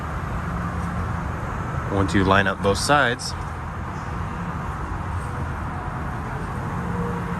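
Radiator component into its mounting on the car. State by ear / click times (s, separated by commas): not seated / none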